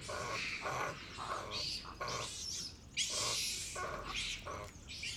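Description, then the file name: Monkey calls, a series of harsh, screechy bursts, one or two each second, some reaching into high, hoarse shrieks. "singes"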